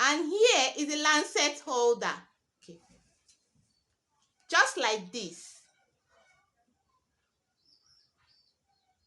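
Someone talks while handling a plastic lancet at the lancet holder of an Accu-Chek glucometer lancing device, with faint handling sounds in the quiet gaps. The lancet has not yet been pushed home, so nothing has seated or clicked yet.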